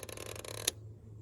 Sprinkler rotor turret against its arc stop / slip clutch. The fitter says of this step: and then back all the way to the right until you hear that click okay